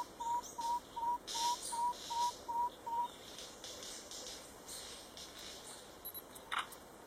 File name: Canto do tapaculo pintado